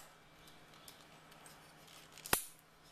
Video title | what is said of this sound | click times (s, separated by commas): HTC Wildfire Unboxing and first use.mp4 | we go clicks into place without the USB output there and | 2.3 s